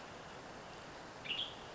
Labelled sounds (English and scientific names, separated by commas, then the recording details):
Western Tanager (Piranga ludoviciana)
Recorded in Sonoma County, California